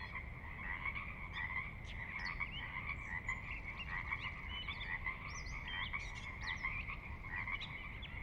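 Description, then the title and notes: Pacific Chorus Frog chorus, countless overlapping croaks forming a constant drone, a few higher rising chirps cutting through, and a soft low rush of water underneath. Recorded at midnight on the valley floor of Sinlahekin Valley, Sinlahekin Wildlife Area, Washington, near the Cascades; distant water spillage in background; unprocessed raw recording. "Sinlahekin Valley midnight. the ever-present Pacific Chorus Frogs that are a fixture of the Northwest Soundscape"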